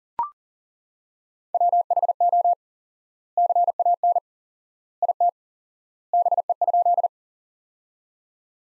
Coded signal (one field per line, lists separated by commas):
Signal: Morse code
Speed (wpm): 40 wpm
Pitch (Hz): 700 Hz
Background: none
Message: WHO CAN IT BE?